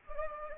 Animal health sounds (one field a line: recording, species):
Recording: mosquito wingbeat signal from an infrared sensor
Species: Anopheles gambiae